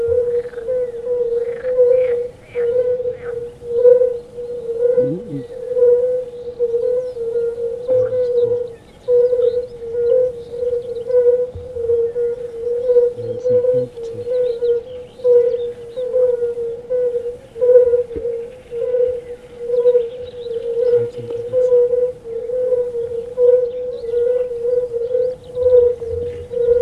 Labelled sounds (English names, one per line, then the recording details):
Fire-Bellied Toad call
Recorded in the wild
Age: adult
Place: Grieben, Brandenburg, DE
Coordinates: 52.8611, 13.1972
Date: 1963-06-13 19:30
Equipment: R 20, Vollspur, Transistorverstärker
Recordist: Tembrock, Günter